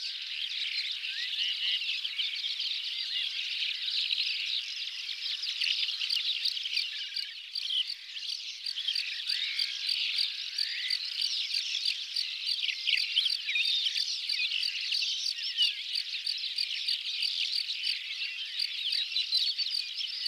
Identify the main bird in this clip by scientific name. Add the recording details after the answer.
Melanocorypha calandra. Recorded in the wild. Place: Kalmückensteppe/Bogdo-Berg, RU. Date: 2006-05-27. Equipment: MiniDisc Sharp MT 20 H. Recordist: Schwarz, Dieter